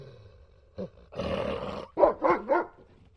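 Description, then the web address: Dog giving a short yelp, then a rough, noisy snarling growl, followed by three rapid, forceful barks. Large dog barking aggressively. "TRX Musicali downtownrockers DOWNTOWN JINGLES (D) fx Sound Effects - Large Dog Agressive Bark"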